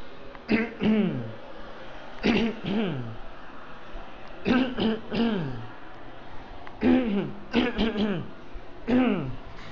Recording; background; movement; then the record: throat clearing; traffic; walking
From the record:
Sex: male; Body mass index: 20.6 kg/m2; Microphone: on the chest, facing outward